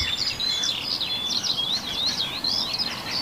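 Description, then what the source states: Common Sandpiper calls: a rapid, high, thin twittering series of piping notes running continuously over steady background hiss. Heard at dawn by a bay.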